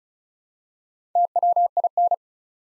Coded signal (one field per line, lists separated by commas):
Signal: Morse code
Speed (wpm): 36 wpm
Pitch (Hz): 700 Hz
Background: none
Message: TWIN